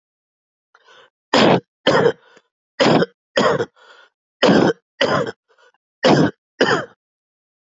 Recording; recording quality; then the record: shallow voluntary cough; excellent, no background noise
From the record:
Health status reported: exposed to COVID-19, no respiratory illness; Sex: male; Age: 50 years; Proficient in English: yes